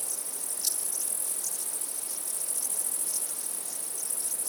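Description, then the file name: Cricket chorus, a dense high-pitched continuous trilling with faint pulsing chirps above a steady hiss, one sharp click near the start. Crickets at night. "Night Sounds, Cricket Sounds, Sounds of Nature Zone"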